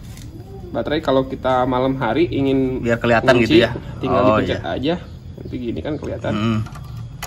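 A key is being handled at the battery/ignition lock, next to the battery, of a Jarvis electric bike, ready to go in and turn. Someone talks throughout the clip. Nothing has seated or clicked yet.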